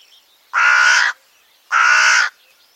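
Bird giving two loud, harsh, hoarse caws about a second apart, each lasting roughly half a second, with faint high twittering of other birds behind.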